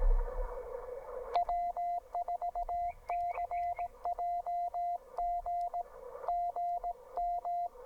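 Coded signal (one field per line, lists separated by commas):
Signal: Morse code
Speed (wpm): 19 wpm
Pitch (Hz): 690 Hz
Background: radio noise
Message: W4CJG GM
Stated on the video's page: CW from a QRP portable park activation (POTA) with a Penntek TR45L and a homebrew end-fed half-wave antenna.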